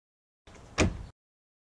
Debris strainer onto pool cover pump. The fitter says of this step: you will hear a click when you input pump into the debris strainer